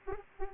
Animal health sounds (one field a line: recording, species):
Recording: mosquito wingbeat signal from an infrared sensor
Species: Anopheles arabiensis